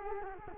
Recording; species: mosquito wingbeat signal from an infrared sensor; Culex quinquefasciatus